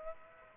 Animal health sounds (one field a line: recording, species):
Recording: mosquito wingbeat signal from an infrared sensor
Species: Aedes aegypti